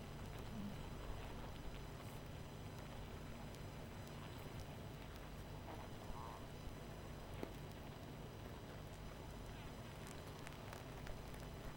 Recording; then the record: honeybee colony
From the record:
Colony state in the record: missing queen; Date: 14 July 2017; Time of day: 22:37